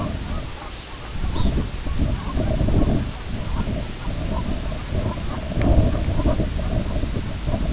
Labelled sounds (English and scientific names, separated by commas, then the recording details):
unidentified sound, Red Phalarope (Phalaropus fulicarius)
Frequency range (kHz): Red Phalarope (Phalaropus fulicarius) 2.6-4.1 kHz
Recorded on Arctic tundra, site IGLO-B, on 21 June 2018
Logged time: 07:59